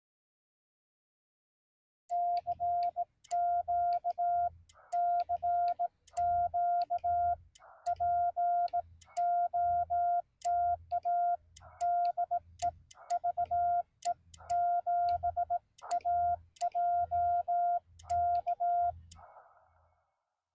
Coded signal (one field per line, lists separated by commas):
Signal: Morse code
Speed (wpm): 17 wpm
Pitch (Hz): 700 Hz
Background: none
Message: CQ CQ POTA DE VE7AJK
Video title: Parks on the Air CW: A Newbie's Live Parks Activation with CW Subtitles for learning